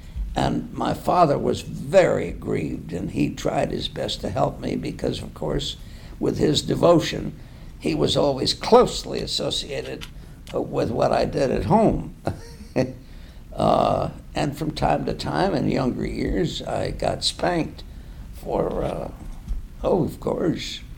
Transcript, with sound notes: and my father was very grieved and he tried his best to help me because, of course, with his devotion, he was always closely associated with what I did at home. [laughs] And, from time to time, in younger years, I got spanked for—oh, of course.